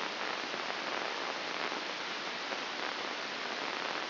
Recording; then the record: brain microelectrode recording played as sound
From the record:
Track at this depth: outside the subthalamic nucleus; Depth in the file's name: 7.46 mm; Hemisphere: left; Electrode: 2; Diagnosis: Parkinson's disease